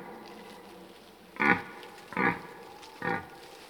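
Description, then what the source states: Red deer giving three short, low, coarse grunts spaced under a second apart against a quiet background hiss. Old stag bellowing during the rut.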